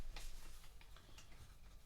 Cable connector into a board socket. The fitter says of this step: it can only fit at one place and then the other cable just snaps right in